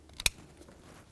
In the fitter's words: and then press it on. Listen for a nice click and make sure it's secured.